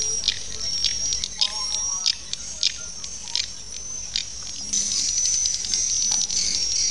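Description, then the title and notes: Swiftlet calls, a thin high whistle held over irregular clicky chirps, growing louder and busier in the second half. Swiftlet sound used for swiftlet farming in Asia. "Swiflet Bird Sound. Farming Swiflet Bird asia sound"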